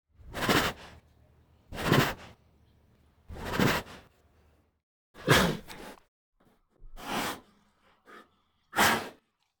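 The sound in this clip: Tiger breathing: several soft, airy exhalations, each under a second long, coming every one to two seconds with quiet gaps between.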